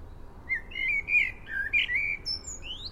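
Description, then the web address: Common blackbird song: an unbroken warble of mellow whistled notes sliding up and down, finishing with a thin rising squeak, over low continuous noise. "SETE Turdus merula"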